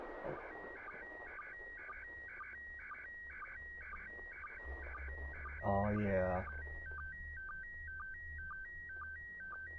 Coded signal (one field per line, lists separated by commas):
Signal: SSTV (slow-scan television)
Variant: PD 120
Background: speech